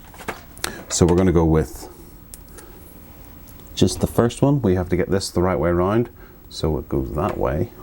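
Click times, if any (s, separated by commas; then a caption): none. A cable connector is handled and lined up the right way round for plugging into a hard drive, while someone talks. Brief handling taps and knocks sound between pauses in the talk, and nothing has seated or clicked yet.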